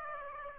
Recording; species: mosquito wingbeat signal from an infrared sensor; Aedes aegypti